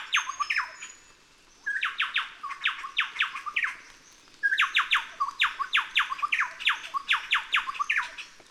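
Chowchilla singing rollicking bursts of rapid downslurred notes separated by brief silences; faint thin high whistles near the start.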